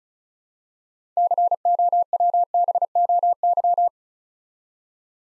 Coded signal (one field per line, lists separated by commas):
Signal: Morse code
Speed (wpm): 36 wpm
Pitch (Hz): 700 Hz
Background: none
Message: COWBOY